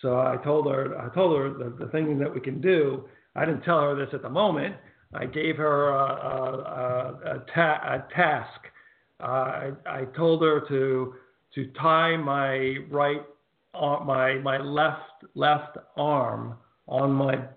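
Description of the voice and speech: A man who survived a massive ischemic stroke speaks in short bursts broken by long pauses, with repeated words ("told her, told her," "my, my," "left, left"), drawn-out sounds and a self-correction from right to left. This is mild residual word-finding difficulty from aphasia after the stroke, which also left him unable to move his right hand and arm.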